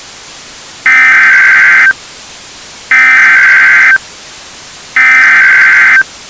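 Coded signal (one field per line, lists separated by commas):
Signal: Emergency Alert System (SAME) tones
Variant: header bursts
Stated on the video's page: Fictional EAS scenario about a climate calamity, simulated.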